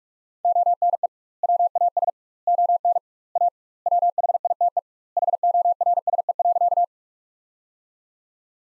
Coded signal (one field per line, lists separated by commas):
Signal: Morse code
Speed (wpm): 46 wpm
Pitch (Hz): 700 Hz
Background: none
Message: ONE WAS ON A WHITE HORSE.